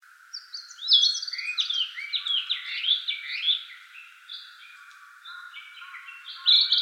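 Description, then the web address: Narcissus flycatcher delivering a lively stream of mixed whistles and trills that fades into quieter notes, ending with a fresh phrase, steady hum underneath. Recorded 25 April 2017. "birdenaga kibitaki 170425"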